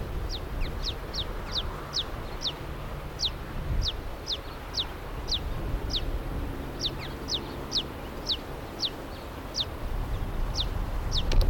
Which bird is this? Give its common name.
Eurasian Tree Sparrow